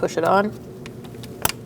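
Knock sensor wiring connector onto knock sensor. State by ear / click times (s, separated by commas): seated / 1.4 s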